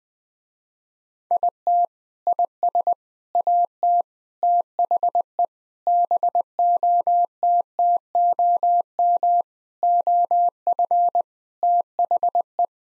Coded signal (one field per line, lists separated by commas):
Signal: Morse code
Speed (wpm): 20 wpm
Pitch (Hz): 700 Hz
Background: none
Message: IT IS AT THE BOTTOM OF THE